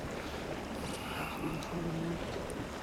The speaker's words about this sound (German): Es wird jetzt, aber merkst du, es kommt jetzt ein bisschen Wind.